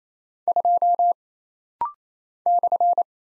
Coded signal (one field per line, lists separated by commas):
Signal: Morse code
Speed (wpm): 27 wpm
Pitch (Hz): 700 Hz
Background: none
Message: 2 /